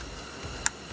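A plastic connector position assurance lock on the left satellite acceleration sensor 2 (airbag sensor) connector of a Dodge Journey / Fiat Freemont is pushed in by hand to secure the connector so it won't fall out. One sharp, loud click is heard at 0.7 s against low background noise. The lock seats and the connector is secured.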